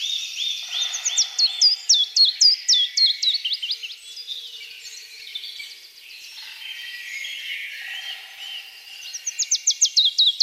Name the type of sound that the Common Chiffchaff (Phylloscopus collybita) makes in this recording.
song